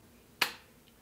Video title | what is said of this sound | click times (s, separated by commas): Transmetteur StealthLock - Installation | door will now be securely locked with just | 0.4 s